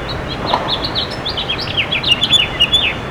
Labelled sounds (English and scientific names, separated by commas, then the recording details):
House Finch (Haemorhous mexicanus) song
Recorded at Port Washington on Long Island, New York, on 22 May 2013
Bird A